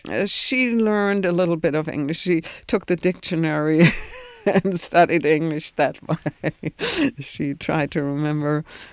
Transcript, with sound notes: She learned a little bit of English. She took the dictionary (she laughs) and studied English that way. (she laughs) She tried to remember